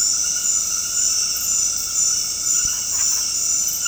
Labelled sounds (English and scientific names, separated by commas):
none